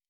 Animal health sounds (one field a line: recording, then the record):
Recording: hydrophone in a shrimp aquaculture tank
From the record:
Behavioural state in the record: normal